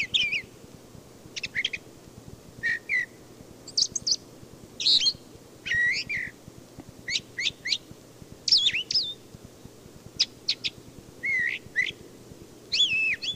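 Brown thrasher delivering continuous song: rapid, diverse phrases of slurred whistles, harsh chips and rising notes, following one another with brief gaps.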